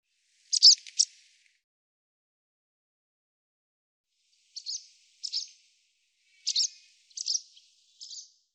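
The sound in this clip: Bird calls: two sharp high chirps near the start, then after a silent gap several brief, thin high notes, singly and in pairs.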